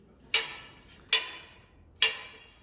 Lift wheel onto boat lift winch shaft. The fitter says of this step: Turn until you hear three click.